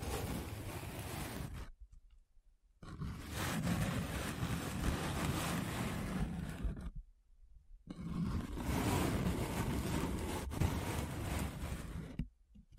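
Paper being rubbed and scratched in long, dense, rough strokes, each lasting several seconds with a gritty low rumble under a hiss. Clear silent gaps fall around 2, 7 and 12 seconds, and one sharp tick lands near 10.5 seconds.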